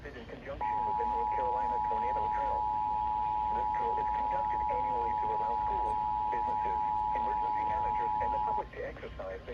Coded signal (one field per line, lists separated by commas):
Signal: Emergency Alert System (SAME) tones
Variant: 853 and 960 Hz attention tone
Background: speech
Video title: MARCH MADNESS* (*EXCEPT ITS RMTS) - NC Tornado Drill/Required Monthly Test (03/09/2022) - EAS #32-37